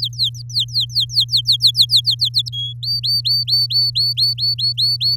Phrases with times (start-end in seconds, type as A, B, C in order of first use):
0.00-2.15 A, 2.19-2.50 B, 2.52-2.73 C, 2.83-5.16 D